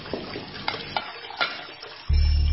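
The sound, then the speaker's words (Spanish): Dishes clink and clatter during washing in a few sharp, irregular knocks, each ringing briefly, before a loud, steady low rush abruptly takes over at the end. “Usa el agua para remojar los platos y para el enjuague final.”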